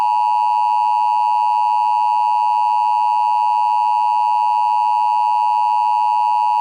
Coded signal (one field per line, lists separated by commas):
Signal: Emergency Alert System (SAME) tones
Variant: 853 and 960 Hz attention tone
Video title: EAS Scenario - Pixie and Brutus